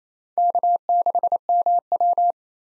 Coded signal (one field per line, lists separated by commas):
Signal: Morse code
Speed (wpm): 27 wpm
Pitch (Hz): 700 Hz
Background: none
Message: K6MW